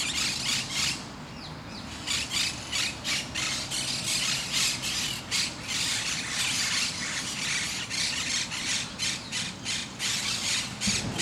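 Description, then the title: Parakeets giving harsh, screeching squawks in a rapid, nearly continuous series. Recorded in Parc de Forest, Saint-Gilles, Belgium, with a Sony PCM-D100 using its internal microphones in wide position. "Parc de Forest, 1060 Saint-Gilles, Belgique - Parakeets - Perruches"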